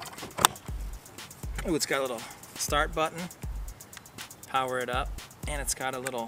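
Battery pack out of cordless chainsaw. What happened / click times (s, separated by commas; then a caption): Battery pack released from tool / 0.4 s. The battery pack is popped out of a Kobalt 80 Volt Max 18-in cordless electric chainsaw for charging, with a sharp click at 0.5 s. Someone talks throughout the rest of the clip, and the battery pack is released from the chainsaw.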